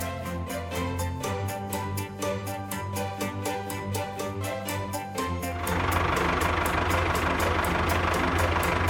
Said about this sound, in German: Ich hol schnell meinen Traktor und fahre zu den Tieren in den Wald.